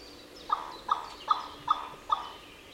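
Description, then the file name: Carrion crow calling, five short harsh notes evenly spaced about every 0.4 seconds. "Corvus corone"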